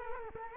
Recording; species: mosquito wingbeat signal from an infrared sensor; Culex quinquefasciatus